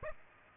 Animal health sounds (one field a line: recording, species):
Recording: mosquito wingbeat signal from an infrared sensor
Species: Aedes aegypti